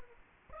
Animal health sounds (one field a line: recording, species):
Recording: mosquito wingbeat signal from an infrared sensor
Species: Aedes aegypti